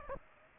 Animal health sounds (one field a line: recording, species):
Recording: mosquito wingbeat signal from an infrared sensor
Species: Aedes aegypti